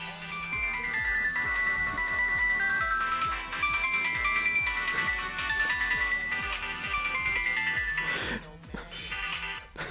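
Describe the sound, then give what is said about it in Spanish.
A mobile phone rings with a loud, busy musical ringtone: a steady thumping beat under a bright, repeating melody that plays for several seconds, broken near the end by a short noisy burst. “Pues sí, un móvil, porque no somos profesionales, porque nuestros invitados tampoco son profesionales y porque en alguna ocasión se nos ha colado un móvil en mitad de la entrevista.”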